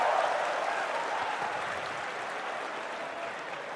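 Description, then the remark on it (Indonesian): An audience at a talk with Ustaz Abdul Somad claps steadily, a dense wash of many hands that starts strongest and gradually tapers slightly over a few seconds, with no voices rising above it. “Semoga tepuk tangan teman-teman juga disertakan kata takbir di hati.”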